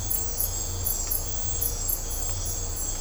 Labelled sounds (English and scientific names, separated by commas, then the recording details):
none
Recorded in dense forest near Puerto Asís, Putumayo, Colombia, on 20 December 2024 at 03:30
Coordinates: 0.503, -76.323
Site G043